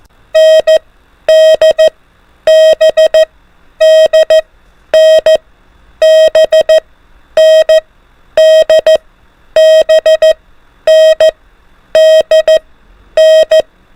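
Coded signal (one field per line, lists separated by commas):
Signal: Morse code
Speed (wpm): 14 wpm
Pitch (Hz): 630 Hz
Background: none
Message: NDBDNBNDBNDN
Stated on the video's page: Alphabet-only Morse code practice at an increased speed of 24 wpm for advanced learners.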